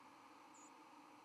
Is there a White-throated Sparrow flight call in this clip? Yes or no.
yes